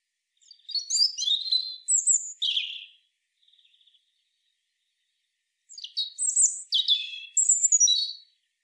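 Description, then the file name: European robin song in two high, varied phrases of sharp whistles and tinkling twitters, separated by a quiet gap with a faint thin note. "Erithacus rubecula"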